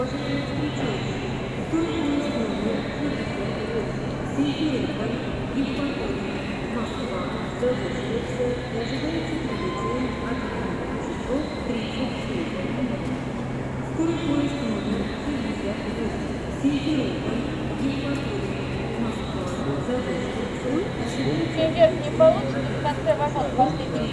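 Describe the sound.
Ticket hall ambience at Yaroslavsky railway station, Krasnoselsky district, Moscow, Russia, where people buy train tickets: a steady, dense murmur of many overlapping voices, with scattered clicks and clatter and a low rumbling hum running underneath throughout.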